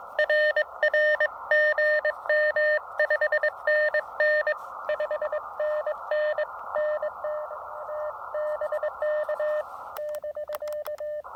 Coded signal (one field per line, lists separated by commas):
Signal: Morse code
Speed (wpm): 19 wpm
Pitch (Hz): 590 Hz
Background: radio noise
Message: R R GM 5NN 5NN NT TBK <BK>